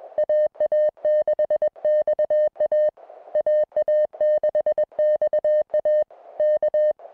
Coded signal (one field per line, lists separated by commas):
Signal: Morse code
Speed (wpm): 21 wpm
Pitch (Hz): 610 Hz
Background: music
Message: AA6XA AA6XA K